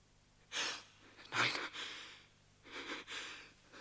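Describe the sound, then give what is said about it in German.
Heavy, rasping breathing of a man: several airy, hissing breaths in and out at an uneven rhythm, with a sharper gasp-like intake near the start. No speech. “Aber es ist ein Mensch. Er atmet.”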